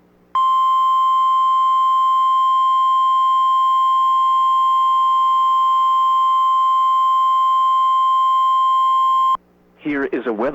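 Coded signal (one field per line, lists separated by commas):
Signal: Emergency Alert System (SAME) tones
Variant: 1050 Hz attention tone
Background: speech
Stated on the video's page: NOAA weather radio High Wind Warning on 162.525 MHz, transmitter in Bloomington, IL; valid EAS tones.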